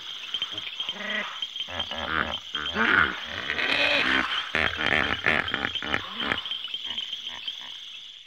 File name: cri d hippopotame